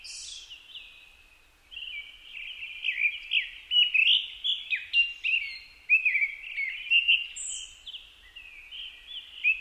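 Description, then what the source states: Japanese thrush song: a dense run of whistled, slurred notes, with louder phrases bunched in the middle and a brief high note near the end. Recorded 4 May 2010 at 18:30.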